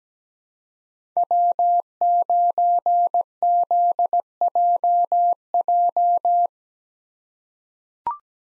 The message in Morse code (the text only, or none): W9ZJJ